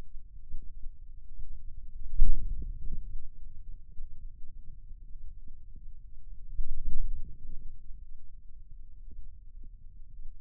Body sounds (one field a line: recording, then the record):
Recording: forearm muscle sounds (acoustic myography)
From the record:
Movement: outward rotation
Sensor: system 2, bracelet of six BSWA MPA416 microphones around the upper forearm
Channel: 1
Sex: male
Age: 22 years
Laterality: right